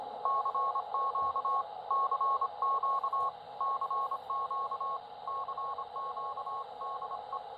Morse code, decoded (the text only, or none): CQ CQ CQ CQ DE